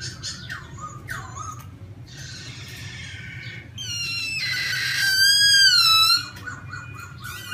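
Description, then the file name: Laughingthrush song: a mix of short whistled notes and buzzy phrases, then a loud wavering whistle that slides downward, with a low hum underneath. Wild-voice song style, giọng rừng. "Tieng khuou hot giong rung"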